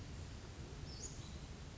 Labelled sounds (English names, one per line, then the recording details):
Western Flycatcher
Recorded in Sonoma County, California